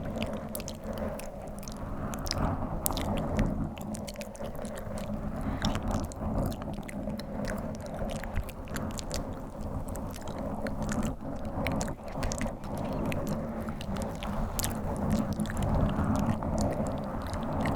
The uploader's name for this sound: Tingly Mic Scratching + INTENSE Inaudible Whispers